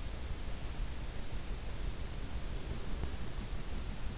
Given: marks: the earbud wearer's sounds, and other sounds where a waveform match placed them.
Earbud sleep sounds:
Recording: sounds in sleep by an in-ear microphone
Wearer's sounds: breath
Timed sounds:
2.04-3.83 s: breath

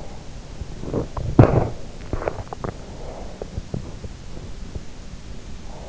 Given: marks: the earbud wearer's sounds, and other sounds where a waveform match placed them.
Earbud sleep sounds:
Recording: sounds in sleep by an in-ear microphone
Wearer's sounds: teeth grinding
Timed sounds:
0.82-3.96 s: teeth grinding

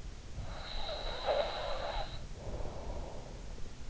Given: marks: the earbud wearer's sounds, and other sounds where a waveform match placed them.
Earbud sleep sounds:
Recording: sounds in sleep by an in-ear microphone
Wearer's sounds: snoring breath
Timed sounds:
0.42-3.49 s: snoring breath

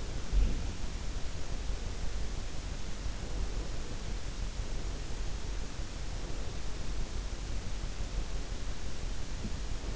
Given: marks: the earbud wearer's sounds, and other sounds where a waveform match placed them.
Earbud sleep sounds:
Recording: sounds in sleep by an in-ear microphone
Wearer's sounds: breath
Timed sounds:
0.00-0.87 s: breath

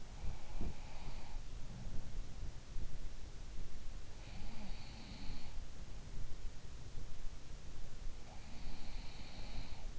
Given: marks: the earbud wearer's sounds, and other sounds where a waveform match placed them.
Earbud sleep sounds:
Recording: sounds in sleep by an in-ear microphone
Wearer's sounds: body movement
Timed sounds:
0.00-0.94 s: body movement
4.13-5.91 s: sound from someone else or the room
7.96-9.92 s: sound from someone else or the room

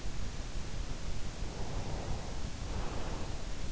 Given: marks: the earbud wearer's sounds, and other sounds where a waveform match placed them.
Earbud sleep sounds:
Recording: sounds in sleep by an in-ear microphone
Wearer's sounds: breath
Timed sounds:
1.45-3.45 s: breath

